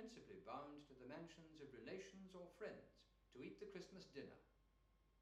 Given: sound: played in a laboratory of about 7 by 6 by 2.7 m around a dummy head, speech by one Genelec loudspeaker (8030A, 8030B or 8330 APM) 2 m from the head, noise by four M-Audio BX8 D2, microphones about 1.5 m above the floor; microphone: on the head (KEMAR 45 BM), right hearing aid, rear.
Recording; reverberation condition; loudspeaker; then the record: male speech in English; medium; 60 degrees to the right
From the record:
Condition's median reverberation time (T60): about 510 ms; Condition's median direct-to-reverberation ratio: about -0.5 dB